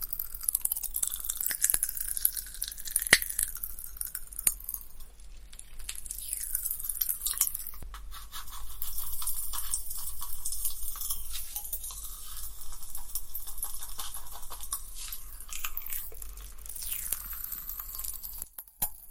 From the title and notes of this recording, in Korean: 톡톡톡 팝핑캔디 eating sound. 이번에는 소니 핀마이크로 가져왔어요.